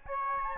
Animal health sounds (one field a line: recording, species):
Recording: mosquito wingbeat signal from an infrared sensor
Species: Aedes albopictus